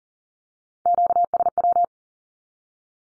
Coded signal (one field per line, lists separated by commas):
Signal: Morse code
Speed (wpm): 38 wpm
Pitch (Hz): 700 Hz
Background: none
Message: QSW